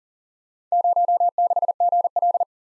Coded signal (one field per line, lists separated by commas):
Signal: Morse code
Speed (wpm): 40 wpm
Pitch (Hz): 700 Hz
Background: none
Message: 06GL